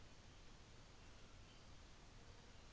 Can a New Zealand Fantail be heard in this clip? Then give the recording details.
no. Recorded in New Zealand on 24 December 2018. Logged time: 15:00